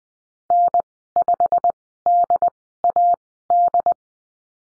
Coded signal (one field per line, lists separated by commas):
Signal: Morse code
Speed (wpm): 20 wpm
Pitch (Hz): 700 Hz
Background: none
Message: N5DAD